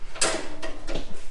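The swing-down AFX spare tire carrier arm on a Can-Am Maverick X3 side-by-side is slammed down hard into its latch on the vehicle's rear rack, after an earlier attempt failed to latch all the way. A sharp metallic catch lands at 0.2 s, followed by a few softer knocks and rattles around 0.6 s, 0.9 s and 1.1 s. The latch catches and seats, though the fit is judged not good.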